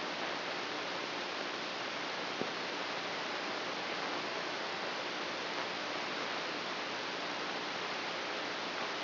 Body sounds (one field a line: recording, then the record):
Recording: brain microelectrode recording played as sound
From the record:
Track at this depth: inside the subthalamic nucleus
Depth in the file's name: 1.529 mm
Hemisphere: right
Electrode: 3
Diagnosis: Parkinson's disease